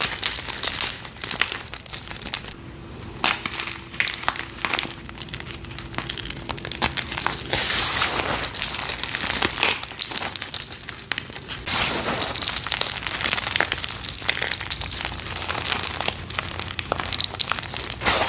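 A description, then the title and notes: Gym chalk being crushed makes dense, continuous crinkling and grinding with bright crackles, plus a faint steady low hum running underneath throughout. A series of short gym chalk crushing videos.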